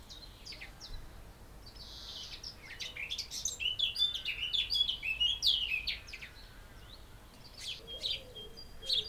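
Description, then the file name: Eurasian blackcap song, a warbled phrase that swells in the middle, with scattered notes before and after. "Sylvia atricapilla"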